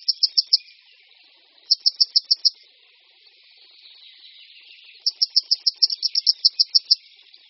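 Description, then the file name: Grey wagtail: short bursts of high, clipped ticking calls separated by pauses, with a longer final run. "Konipas-horský"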